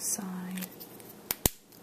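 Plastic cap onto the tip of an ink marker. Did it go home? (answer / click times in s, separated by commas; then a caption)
yes / 1.3 s, 1.5 s. A plastic cap is pushed onto the end of a dual-tip ink marker after first being tried on the wrong side, while someone talks briefly at the start. Two sharp clicks sound at 1.3 s and 1.5 s as the cap snaps shut and seats fully on the marker.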